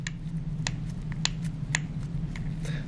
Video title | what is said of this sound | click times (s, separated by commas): Open Tray Impression - How to take an open tray impression | so that clicking noise is what tells you that your screw is completely untightened | 0.7 s, 1.2 s, 1.8 s